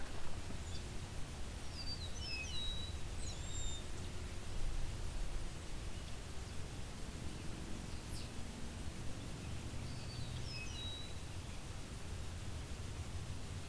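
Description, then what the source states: Eastern Meadowlark singing faint, clear slurred whistles, two phrases about eight seconds apart, over steady low background noise. Seen and heard in a field beside a quarry.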